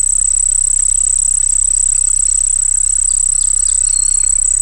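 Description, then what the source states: Crickets trilling in an unbroken, very high-pitched drone, with occasional soft chirping notes and a deep steady hum underneath. Crickets singing by a pond.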